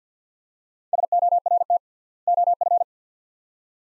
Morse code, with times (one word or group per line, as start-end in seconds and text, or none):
0.9-1.8 SORT
2.3-2.8 OF